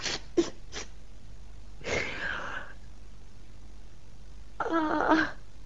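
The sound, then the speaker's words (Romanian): Someone blows their nose in several noisy, breathy bursts: three quick short puffs, then a longer rasping blow, and a final honking one with a slight tonal buzz, separated by quiet pauses. “Îmi suflu nasul și gata.”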